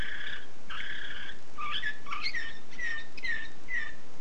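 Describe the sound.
Canary song: buzzy double-toned notes followed by sliding whistled chirps repeated about every half second, over constant low hum.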